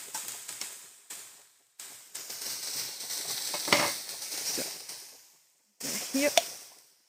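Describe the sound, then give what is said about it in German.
Meat sizzles steadily as it browns in a hot pan, a bright crackling hiss that swells and fades in bursts, with occasional sharp pops and a brief scrape of stirring. “So, und wenn das Fleisch schön goldbraune Farbe hat, kann die Soße dazu.”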